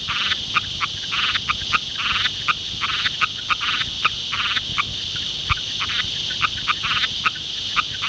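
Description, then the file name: Broad-palmed rocket frog calls: short, sharp notes in quick uneven bursts, with a steady high-pitched drone throughout. "Litoria latopalmata"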